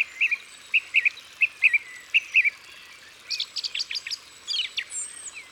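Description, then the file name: Song thrush song, a short doubled note repeated several times, then a burst of sharp high rapid notes and a thin whistle. Isère, France. "Grive-musicienne-Concerts-naturels-de-l Isere-Studio-Les-Trois-Becs"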